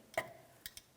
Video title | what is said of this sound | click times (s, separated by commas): How to Replace Fog Light Bulbs 2007-2014 GMC Sierra 2500 HD | An audible click from that as well. A light tug. Perfect. | 0.2 s